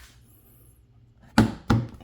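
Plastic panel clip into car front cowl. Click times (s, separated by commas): 1.4 s, 1.7 s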